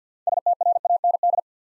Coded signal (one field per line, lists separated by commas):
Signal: Morse code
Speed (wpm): 54 wpm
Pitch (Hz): 700 Hz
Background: none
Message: STRAND